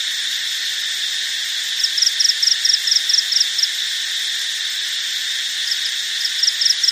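Cricket sounding a quick series of sharp high pulses, then a second burst starting after a pause, over an unbroken high-pitched hum.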